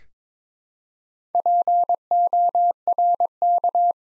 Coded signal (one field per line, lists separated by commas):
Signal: Morse code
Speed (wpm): 22 wpm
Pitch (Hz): 700 Hz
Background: none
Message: PORK